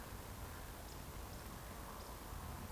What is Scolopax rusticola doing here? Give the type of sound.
whistle, chase call